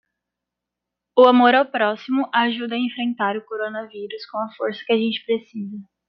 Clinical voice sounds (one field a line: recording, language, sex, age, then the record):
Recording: spoken sentence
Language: Brazilian Portuguese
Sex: female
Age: 20 to 29 years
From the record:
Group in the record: control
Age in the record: 24 years